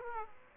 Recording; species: mosquito wingbeat signal from an infrared sensor; Aedes aegypti